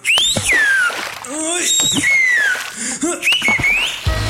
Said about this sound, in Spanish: Solo puje con fuerza y su llavero chiflará automáticamente al primer ruidito. Escuche este ejemplo.